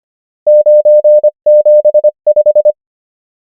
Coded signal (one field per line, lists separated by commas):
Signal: Morse code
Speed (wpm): 25 wpm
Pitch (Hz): 600 Hz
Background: none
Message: 9 7 5